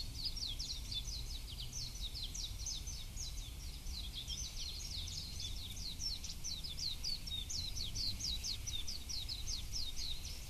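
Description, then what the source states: Warbling white-eye giving a rapid, continuous stream of high, thin chirps and twitters throughout, over a steady low rumble of background noise. Recorded 6 May 2009.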